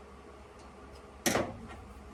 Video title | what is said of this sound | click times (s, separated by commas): 2012 kx250f fork seals | that should lock into place. | 1.3 s